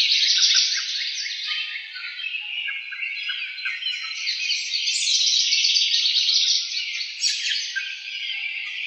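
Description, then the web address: House wren song, a dense bubbling jumble of rapid trills and chattering notes running almost continuously, rising and falling in loudness. Recorded 4 January 2007. "House Wren 2007 01 04 House Wren 02"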